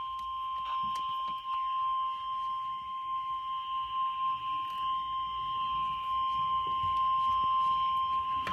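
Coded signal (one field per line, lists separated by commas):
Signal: Emergency Alert System (SAME) tones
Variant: 1050 Hz attention tone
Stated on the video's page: Flash flood warning SAME tones from NOAA Weather Radio station and a TV broadcast, issued by the Mount Holly, NJ weather office.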